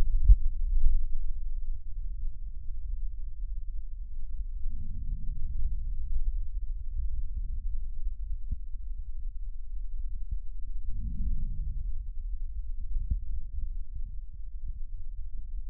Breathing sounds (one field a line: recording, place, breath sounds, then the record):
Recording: lung sounds by stethoscope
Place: left posterior middle chest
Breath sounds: normal breath sounds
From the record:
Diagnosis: none (healthy)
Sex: male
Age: 30 years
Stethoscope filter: bell mode, 20 to 200 Hz